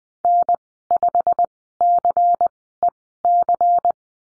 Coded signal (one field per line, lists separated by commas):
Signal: Morse code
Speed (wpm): 20 wpm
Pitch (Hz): 700 Hz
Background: none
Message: N5CEC